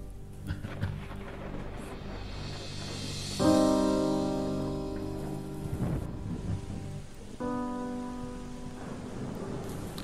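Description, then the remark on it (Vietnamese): Heavy rain, falling since the afternoon and still going after 8 p.m., pours in a steady, dense hiss with low rumbles of thunder underneath, while a sustained tonal drone swells in twice over the downpour. “Mưa mỗi lúc một lớn, lúc nhỏ, kéo dài từ chiều.”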